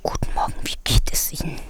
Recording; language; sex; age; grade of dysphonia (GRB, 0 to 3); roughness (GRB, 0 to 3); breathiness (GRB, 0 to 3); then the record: spoken sentence; German; female; 40 to 49 years; 3; 2; 3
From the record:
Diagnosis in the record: spasmodic dysphonia, Reinke's edema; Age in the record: 47 years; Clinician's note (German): Verdacht auf spasmodische Dysphonie mit beidseitigem Reinke-Ödem